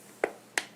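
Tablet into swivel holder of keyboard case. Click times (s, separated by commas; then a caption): 0.2 s, 0.6 s. An iPad is set into the bottom of an aluminum swivel holder on a keyboard case, leaned back, and pressed in. Two sharp snaps sound at 0.2 s and 0.6 s, and the tablet is locked into place. The power jack and speaker are lined up so the cutouts match.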